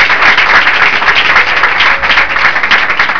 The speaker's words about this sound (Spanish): ¿Cuántos le alaban esta noche? Ahí está. Bueno, alábelo pues. Y va a aplaudir al Señor, aplauso.